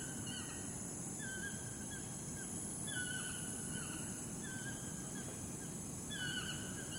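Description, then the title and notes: Toucan giving soft, falling, yelping notes in small clusters every second or two, with a continuous low rumble and a bright, steady high hiss beneath. Calling in Corcovado National Park, Costa Rica. "Toucan Call (Corovado NP, Costa RIca)"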